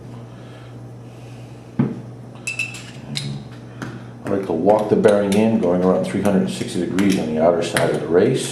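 A small ball bearing is handled at a metal bore on an RC helicopter housing as someone talks, and it is worked around 360 degrees on its outer race. Short clicks and metallic taps are heard at about 1.8, 2.5, 2.6, 3.2, 3.8 and 4.3 seconds. Nothing has seated or clicked into place yet.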